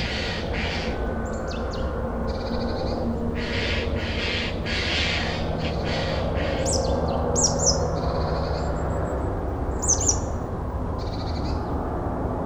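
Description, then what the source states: Bird calls in a loose run of brief high chirps and a few sharp twittered notes, heard above a steady deep hum of city noise. City ambience.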